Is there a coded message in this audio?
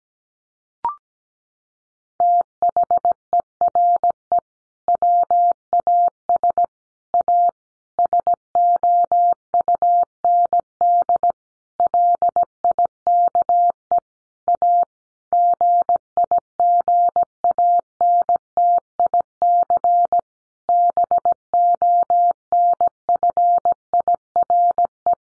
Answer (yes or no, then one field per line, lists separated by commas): yes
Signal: Morse code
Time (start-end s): 2.2-25.1 s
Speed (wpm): 17 wpm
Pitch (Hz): 700 Hz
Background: none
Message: THERE WAS A SOUND LIKE A GIGANTIC BONFIRE